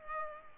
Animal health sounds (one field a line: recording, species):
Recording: mosquito wingbeat signal from an infrared sensor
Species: Culex pipiens